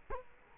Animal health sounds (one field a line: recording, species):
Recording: mosquito wingbeat signal from an infrared sensor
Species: Culex quinquefasciatus